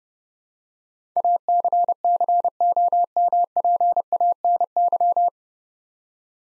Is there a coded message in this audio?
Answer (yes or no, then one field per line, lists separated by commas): yes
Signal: Morse code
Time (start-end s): 1.2-5.3 s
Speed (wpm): 28 wpm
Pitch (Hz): 700 Hz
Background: none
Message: ACCOMPANY